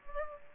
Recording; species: mosquito wingbeat signal from an infrared sensor; Aedes aegypti